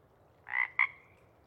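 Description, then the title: Pacific chorus frog giving a single two-part ribbit, a harsh note followed by a sharp second note, with a faint trailing tone after. Sparse chorus before dawn at first light; most frogs have returned to burrows while a few keep calling to attract a mate. "Chorus Frogs, Sparse, pre-Dawn"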